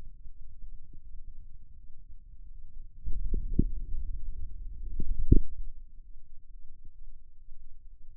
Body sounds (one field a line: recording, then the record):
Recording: forearm muscle sounds (acoustic myography)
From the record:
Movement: outward rotation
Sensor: system 2, bracelet of six BSWA MPA416 microphones around the upper forearm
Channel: 2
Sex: male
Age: 22 years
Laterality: right